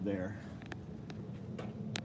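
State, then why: Seated. A steel swing-out arm on a vehicle's rear bumper is swung open while someone talks, with a few light ticks along the way. Its lock engages with a sharp metallic click at 2.0 s, locking the carrier firmly into place.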